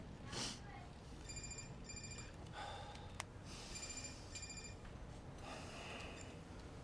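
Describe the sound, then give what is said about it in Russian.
A telephone rings in two short bursts of high, warbling electronic tones, separated by a pause, over a steady background hiss with some breathy rustling noises. “Черри берет телефон.”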